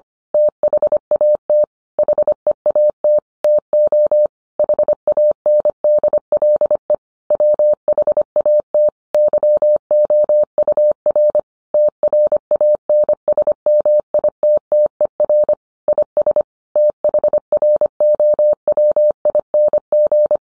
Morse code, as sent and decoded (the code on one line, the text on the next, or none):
- .... .- - / .... . .- - / - --- / .... .- -. -.. .-.. . / .-- .... .- - / -.-- --- ..- .-. / - .-. .- -. ... -- .. - - . .-. / .. ... / - .... .-. --- .-- .. -. --.
THAT HEAT TO HANDLE WHAT YOUR TRANSMITTER IS THROWING